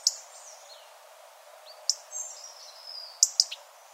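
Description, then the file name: European robin calls: a few sharp high ticks spaced irregularly, with thin high whistled notes sliding between them. "Erithacus rubecula"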